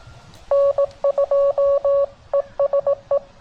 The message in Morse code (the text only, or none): N2ESE